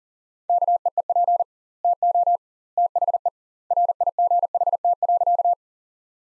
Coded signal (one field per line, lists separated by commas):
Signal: Morse code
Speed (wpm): 37 wpm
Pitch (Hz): 700 Hz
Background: none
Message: KEEP TO THE RIGHT.